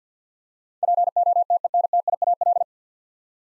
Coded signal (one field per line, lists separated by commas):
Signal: Morse code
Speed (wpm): 50 wpm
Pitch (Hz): 700 Hz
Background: none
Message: POTENTIAL